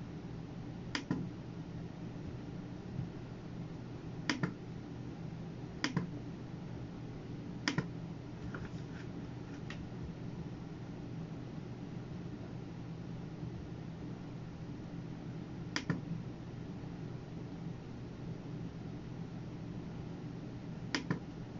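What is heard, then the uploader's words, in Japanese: Sounds of someone working at a computer: sharp, isolated clicks or taps arrive every few seconds, around 1, 4.5, 6, 8 and 9 seconds, again near 16 and 21. Beneath them runs a steady low hum, unchanging throughout, with a faint hiss above it. パソコン作業中の音です。Eluに画像を出品する → メール送信など他のことを行う → eluに画像を出品する の順で行っています。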